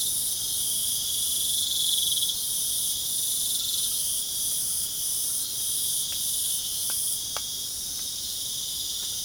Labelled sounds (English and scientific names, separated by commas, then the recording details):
none
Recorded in pastures near Puerto Asís, Putumayo, Colombia, on 27 June 2025 at 21:00
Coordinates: 0.497, -76.327
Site G040